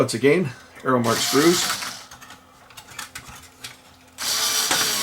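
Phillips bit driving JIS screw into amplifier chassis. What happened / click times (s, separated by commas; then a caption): The bit slips out of the screw head instead of driving it home / 3.2 s. A Phillips bit drives JIS cross-head screws into the chassis of a Technics SA-GX670 amplifier, and someone talks at the start and again at the end. Between the talking come short ratcheting, mechanical clicks as the bit turns, with a sharp click at 3.2 s where the bit cams out. The screw is stripped because the Phillips bit does not fit the JIS screw head.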